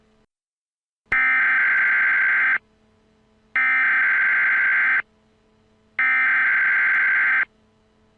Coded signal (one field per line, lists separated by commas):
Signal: Emergency Alert System (SAME) tones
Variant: header bursts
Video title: DEATHNOTE - EAS Analog Horror